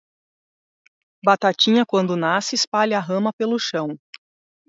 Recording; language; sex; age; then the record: short text; Brazilian Portuguese; female; 40 to 49 years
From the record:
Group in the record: control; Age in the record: 40 years